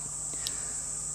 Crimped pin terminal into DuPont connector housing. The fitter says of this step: it sort of goes in and then you'll feel it click once and then it clicks the second time when you pull it back it should grip so